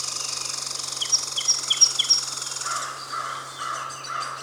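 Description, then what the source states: Song sparrow song: a quick run of bright, sharp repeated notes, then a lower, buzzy, rattling section that trails off over a steady faint hum. Seven songs recorded on 8 June 2018.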